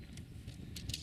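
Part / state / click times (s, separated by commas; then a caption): tent pole section into its ferrule joint / not seated / none. Shock-corded aluminium tent pole sections for a Naturehike Star River 2 backpacking tent are unfolded and handled, meant to snap into their ferrule joints largely by themselves. Over a low steady rumble, light clattery taps rise near 0.8, 0.9 and 1.0 s. Nothing has seated or clicked into place yet.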